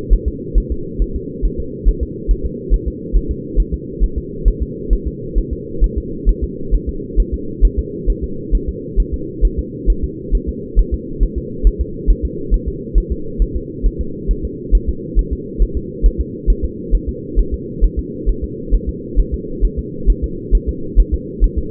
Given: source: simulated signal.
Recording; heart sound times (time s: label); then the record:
fetal heart sounds
0.13 s: S1
0.28 s: S2
0.58 s: S1
0.72 s: S2
1.02 s: S1
1.16 s: S2
1.45 s: S1
1.60 s: S2
1.88 s: S1
2.03 s: S2
2.31 s: S1
2.46 s: S2
2.74 s: S1
2.88 s: S2
3.16 s: S1
3.31 s: S2
3.60 s: S1
3.74 s: S2
4.04 s: S1
4.18 s: S2
4.48 s: S1
4.62 s: S2
4.93 s: S1
5.07 s: S2
5.38 s: S1
5.53 s: S2
5.84 s: S1
5.98 s: S2
6.29 s: S1
6.44 s: S2
6.74 s: S1
6.89 s: S2
7.20 s: S1
7.34 s: S2
7.65 s: S1
7.79 s: S2
8.10 s: S1
8.24 s: S2
8.55 s: S1
8.69 s: S2
9.00 s: S1
9.14 s: S2
9.45 s: S1
9.59 s: S2
9.90 s: S1
10.04 s: S2
10.35 s: S1
10.49 s: S2
10.79 s: S1
10.94 s: S2
11.23 s: S1
11.38 s: S2
11.67 s: S1
11.81 s: S2
12.10 s: S1
12.25 s: S2
12.54 s: S1
12.68 s: S2
12.98 s: S1
13.12 s: S2
13.42 s: S1
13.56 s: S2
13.86 s: S1
14.01 s: S2
14.31 s: S1
14.45 s: S2
14.75 s: S1
14.89 s: S2
15.19 s: S1
15.33 s: S2
15.62 s: S1
15.77 s: S2
16.06 s: S1
16.21 s: S2
16.50 s: S1
16.65 s: S2
16.95 s: S1
17.09 s: S2
17.39 s: S1
17.54 s: S2
17.84 s: S1
17.99 s: S2
18.29 s: S1
18.44 s: S2
18.74 s: S1
18.89 s: S2
19.20 s: S1
19.34 s: S2
19.65 s: S1
19.79 s: S2
20.10 s: S1
20.24 s: S2
20.55 s: S1
20.69 s: S2
21.00 s: S1
21.14 s: S2
21.44 s: S1
21.58 s: S2
From the record:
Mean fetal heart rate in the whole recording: 135 bpm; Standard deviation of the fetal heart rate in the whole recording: 3 bpm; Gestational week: 36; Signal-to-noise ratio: -4.3 dB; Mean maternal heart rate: 72 bpm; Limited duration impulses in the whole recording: absent